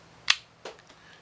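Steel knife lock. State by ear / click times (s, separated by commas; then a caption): seated / 0.3 s. An Ozark Trails Thunderhead 7.5-inch folding knife sold by Walmart has its blade opened with the thumb studs into its open-locked position in the handle. The lock engages with a single sharp, bright snap at 0.3 s, followed by softer, duller clicks and handling noises around 0.7–0.9 s. The blade seats and locks open.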